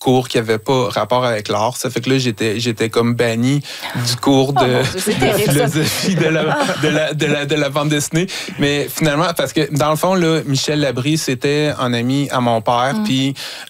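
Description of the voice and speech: A man speaking French repeats words and syllables, with stretched sounds and brief stalls: neurodevelopmental stuttering. For a person who stutters, speaking can be a struggle.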